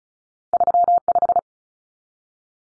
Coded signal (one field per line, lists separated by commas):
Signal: Morse code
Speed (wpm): 34 wpm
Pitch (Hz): 700 Hz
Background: none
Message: 35